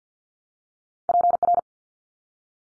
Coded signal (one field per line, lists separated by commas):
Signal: Morse code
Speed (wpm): 53 wpm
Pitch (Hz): 700 Hz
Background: none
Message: PR